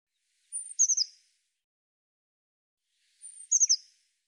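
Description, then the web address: Eurasian blue tit calls, given twice, each a very high thin note followed by three fast, sharp lower notes. "cianscape birddata Deverinetal 2025 Bird Cy Ca Cy Ca"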